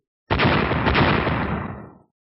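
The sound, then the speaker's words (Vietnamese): A single loud, booming explosion erupts suddenly with full-range rumble, sustains a dense roar for over a second, then fades out smoothly. “Một tiếng nổ chấn động vang lên trong tai mọi người.”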